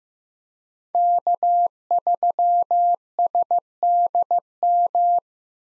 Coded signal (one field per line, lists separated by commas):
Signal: Morse code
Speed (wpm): 15 wpm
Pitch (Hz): 700 Hz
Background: none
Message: K3SDM